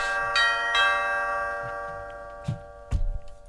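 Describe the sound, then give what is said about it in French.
An old doorbell rings with bright, sustained bell-like tones that hum on and slowly fade, while a few soft knocks and thumps break in toward the end. No one speaks. “On y va, on va sonner la porte et puis on verra bien ce qui sort.”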